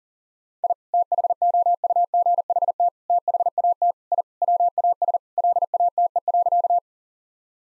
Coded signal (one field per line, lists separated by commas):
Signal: Morse code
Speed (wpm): 40 wpm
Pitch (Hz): 700 Hz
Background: none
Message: I THOUGHT THAT I WAS LATE.